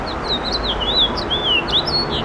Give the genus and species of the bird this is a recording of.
Haemorhous mexicanus